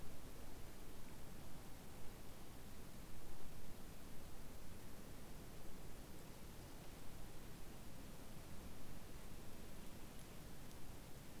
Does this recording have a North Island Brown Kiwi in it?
no